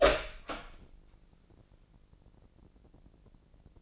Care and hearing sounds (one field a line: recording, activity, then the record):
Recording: daily activity, microphone in the room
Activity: open door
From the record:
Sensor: 5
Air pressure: 1012.4 hPa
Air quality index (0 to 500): 156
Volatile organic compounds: 2 ppm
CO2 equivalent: 1070 ppm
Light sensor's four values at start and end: 205/499/208/228 and 210/510/213/234